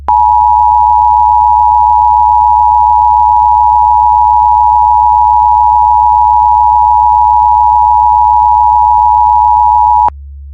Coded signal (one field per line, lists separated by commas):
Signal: Emergency Alert System (SAME) tones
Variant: 853 and 960 Hz attention tone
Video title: Mayat Hidup | Zombie Apocalypse EAS Scenario